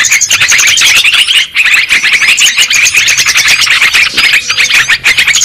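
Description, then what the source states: Lovebirds chattering in a dense stream of shrill, high chirps and squeaks, many birds calling at once, with a few brief dips. Bird-trapping lure recording of lovebirds, in Indonesian 'pikat burung'.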